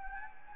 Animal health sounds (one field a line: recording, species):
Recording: mosquito wingbeat signal from an infrared sensor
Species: Anopheles gambiae